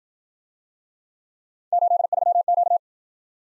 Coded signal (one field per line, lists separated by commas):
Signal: Morse code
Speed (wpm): 52 wpm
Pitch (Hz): 700 Hz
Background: none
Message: 83Q